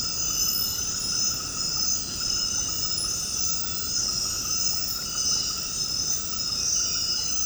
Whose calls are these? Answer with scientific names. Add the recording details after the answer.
none. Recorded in secondary vegetation near Puerto Asís, Putumayo, Colombia, on 18 February 2024 at 22:30. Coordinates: 0.468, -76.324. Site G6381